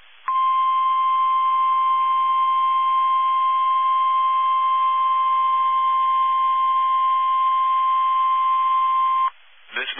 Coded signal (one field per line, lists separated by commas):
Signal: Emergency Alert System (SAME) tones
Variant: 1050 Hz attention tone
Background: speech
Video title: EAS Tornado Warning Indiana Statewide Tornado Drill NOAA Weather Radio +WeatherSTAR4000